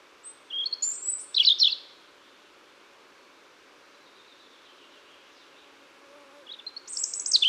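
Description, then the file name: European robin song: a twinkling phrase of high varied notes, a long quiet gap, then another sparkling phrase starting at the end. "Erithacus rubecula"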